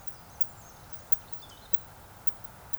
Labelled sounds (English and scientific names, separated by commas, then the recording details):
Eurasian Woodcock (Scolopax rusticola) whistle
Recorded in Baden-Württemberg, Germany, on 26 June 2021 at 20:04 UTC
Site 45499, 200 m above sea level